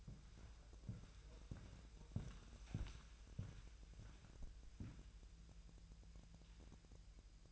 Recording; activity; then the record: daily activity, microphone in the room; walk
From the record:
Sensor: 2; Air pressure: 1001.9 hPa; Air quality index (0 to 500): 231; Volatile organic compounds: 60 ppm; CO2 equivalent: 3414 ppm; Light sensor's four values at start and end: 6/16/6/7 and 7/16/6/7